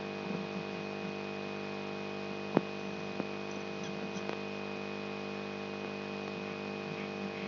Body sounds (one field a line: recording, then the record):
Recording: brain microelectrode recording played as sound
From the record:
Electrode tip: outside the subthalamic nucleus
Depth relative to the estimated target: -8 mm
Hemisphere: right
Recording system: AlphaMap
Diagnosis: Parkinson's disease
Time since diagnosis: 10 years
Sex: male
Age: 56 years